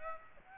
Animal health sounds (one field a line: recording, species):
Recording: mosquito wingbeat signal from an infrared sensor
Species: Aedes aegypti